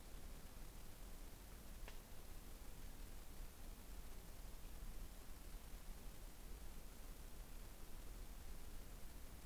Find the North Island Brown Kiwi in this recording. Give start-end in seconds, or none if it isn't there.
none